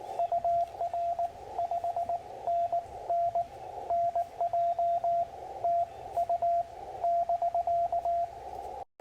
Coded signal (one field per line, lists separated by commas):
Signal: Morse code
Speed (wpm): 19 wpm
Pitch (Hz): 690 Hz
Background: radio noise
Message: UR 5NN NJ TU <BK>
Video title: Morning Morse Code - 3/13/24